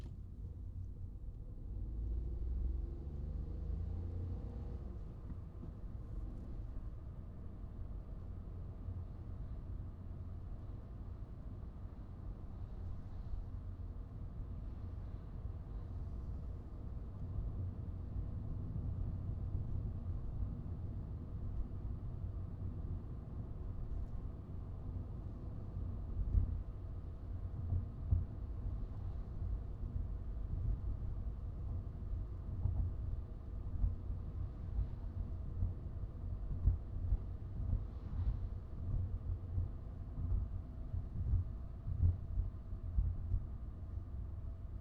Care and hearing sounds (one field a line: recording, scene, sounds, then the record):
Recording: everyday scene through a hearing-aid microphone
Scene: in a vehicle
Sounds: engine, highway driving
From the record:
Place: Skoda Fabia, gasoline engine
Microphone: in the ear canal, right